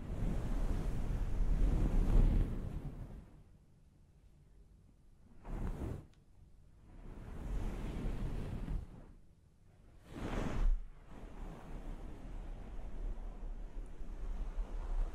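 Hair washing and scalp massage: soft rushing, scrubbing swells with quiet gaps, a loud burst near two seconds and brief sharp swishes around six and ten.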